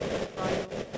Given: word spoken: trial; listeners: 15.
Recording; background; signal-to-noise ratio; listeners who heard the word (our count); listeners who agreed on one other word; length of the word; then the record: one English word in noise, from a listening test; noise modulated by three-talker babble; -7.5 dB; 0 of 15; 6 of 15; 0.58 s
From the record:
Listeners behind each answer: 6, 2, 2, 1, 1, 1, 1, 1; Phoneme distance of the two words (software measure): 27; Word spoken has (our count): 2 syllables, 5 phonemes, stress on syllable 1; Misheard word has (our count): 2 syllables, 4 phonemes, stress on syllable 1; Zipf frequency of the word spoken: 4.60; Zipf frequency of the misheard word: 5.46